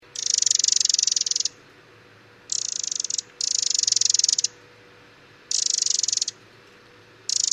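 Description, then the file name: Eurasian wren churring in long, even, high-pitched rattles, some over a second long, broken by brief pauses, with a faint steady hum beneath. "Troglodytes troglodytes"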